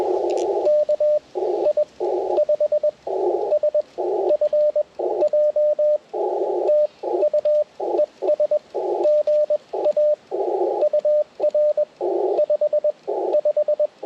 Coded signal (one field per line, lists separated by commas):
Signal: Morse code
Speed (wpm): 20 wpm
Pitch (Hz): 590 Hz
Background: radio noise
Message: KI5SFJ TU ES GA UR 55